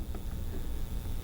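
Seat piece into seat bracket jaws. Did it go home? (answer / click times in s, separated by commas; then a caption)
no / none. One side of a Corbeau seat piece is being fitted into the jaws of a seat bracket during a seat installation on a Suzuki Samurai. Faint handling scrapes and rustles sit over a steady low rumble. Nothing has seated or clicked yet.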